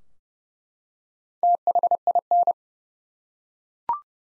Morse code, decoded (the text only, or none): THIN